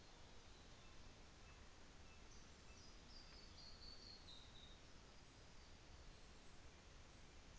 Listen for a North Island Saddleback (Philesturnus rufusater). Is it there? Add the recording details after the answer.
yes. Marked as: faintness 5/5. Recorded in New Zealand on 24 December 2018. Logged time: 17:45